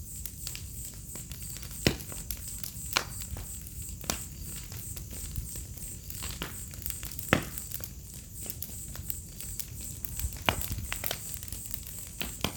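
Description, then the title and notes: A continuous high cricket drone with a fine pulsed texture runs throughout, mixed with crisp crackling and irregular pops from burning wood. "Fogueira, grilos e estalar do fogo relaxante e inspirador - Bonfire, crickets, firecrackling relaxing and inspiring. Ouça ao estalar do fogo e uma sinfonia de grilos em uma noite de outono. - Listen to fire crackling and a symphony of crickets on an autumn night. Vila em meio a Mata Atlântica. - Village in the middle of a Mata Atlântica rainforest"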